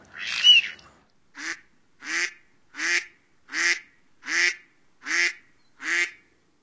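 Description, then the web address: Mallard quacks, one harsh drawn-out note followed by seven evenly spaced nasal quacks about every three-quarters of a second. "Songs of Birds of North America Stokes. Mallard"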